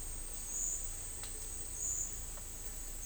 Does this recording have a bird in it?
no